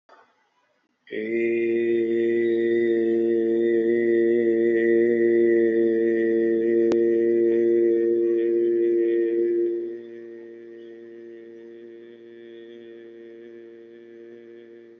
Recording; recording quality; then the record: sustained vowel as in made; poor, much background noise or distortion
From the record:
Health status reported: healthy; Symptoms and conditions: none ticked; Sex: male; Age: 60 years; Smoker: not ticked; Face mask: not worn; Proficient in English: yes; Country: India